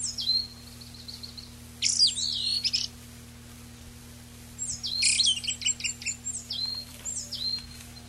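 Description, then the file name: Eyebrowed thrush song: high squeaky downslurred notes and short trills, a loud twittering burst, then a rapid series of thin chipping notes. Recorded on 19 June 1991. "19 06 91 Tobscurus IIIa"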